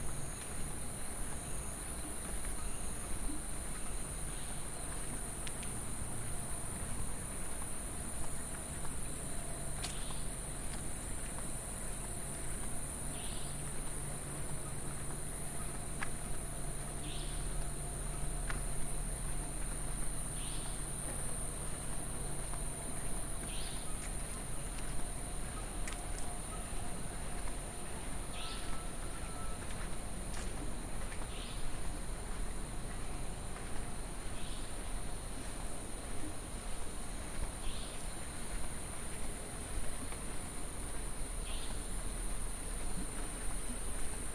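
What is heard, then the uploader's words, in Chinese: Outdoors beside a riverbank levee near a hotel, with a steady high, thin insect whine running throughout. Short chirps recur every few seconds, and a low, constant rumble of traffic and moving water sits underneath, with a faint low hum around the middle. 深夜裡的寧靜_蘇澳煙波大飯店外的河堤步道。走在飯店外的河堤邊,撇除了極少的喧囂車聲與人聲,感覺到特別寧靜,大部分傳入耳中的都是蟲鳴鳥叫。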